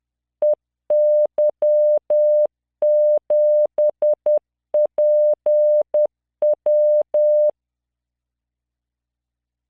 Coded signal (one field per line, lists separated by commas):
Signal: Morse code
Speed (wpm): 10 wpm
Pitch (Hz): 600 Hz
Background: none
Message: EY7PW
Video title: tamanのモールス練習動画82（モールス信号 速度10WPM morse code)